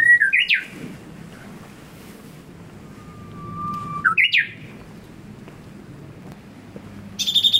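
Japanese bush warbler: the end of a flourish at the start, then a long steady whistled note that breaks into a quick flourish, and a burst of rapid high notes beginning at the end.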